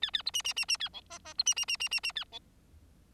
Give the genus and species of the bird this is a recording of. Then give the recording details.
Lonchura striata domestica. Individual Bird4